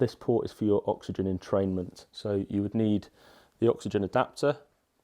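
Someone talks while handling a plastic oxygen entrainment adapter at the oxygen entrainment port on the rear of a home ventilator. Nothing has seated or clicked yet; the clip ends before the adapter goes home.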